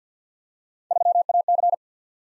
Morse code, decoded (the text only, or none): 3AC